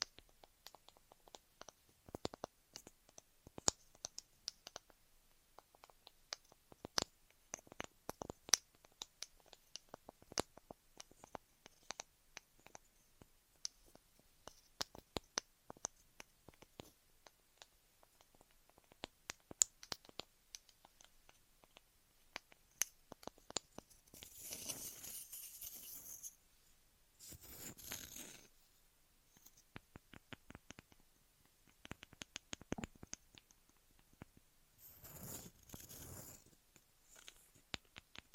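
Ear massage and cleaning sounds: a dense, uneven stream of sharp little clicks and crackles that runs the whole way through. Around 24–28 seconds and again near 35 seconds, brief bursts of bright, hissing rubbing sweep across the crackling.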